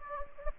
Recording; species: mosquito wingbeat signal from an infrared sensor; Anopheles gambiae